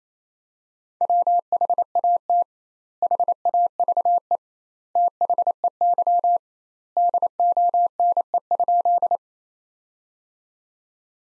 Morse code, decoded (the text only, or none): WHAT HAVE THEY DONE?